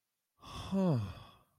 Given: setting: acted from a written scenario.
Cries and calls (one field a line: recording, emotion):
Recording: vocal sound without words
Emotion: awe